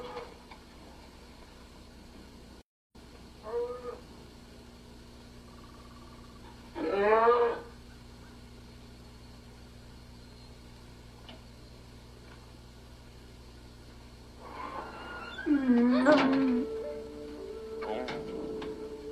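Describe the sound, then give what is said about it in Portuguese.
A female polar bear cub in Alaska cries out twice, first a short wavering squeal, then a longer, louder warbling whine that dips low, both over a steady low hum. “É um filhote de urso polar.”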